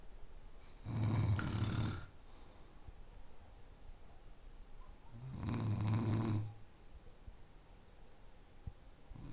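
Snoring from an adult sleeper: two loud, low-pitched snores about four seconds apart, with quiet breathing between them.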